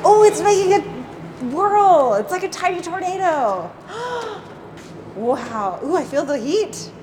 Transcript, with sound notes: It's making a whirl! It's like a tiny tornado! [gasp] Wow. Ooh, I feel the heat.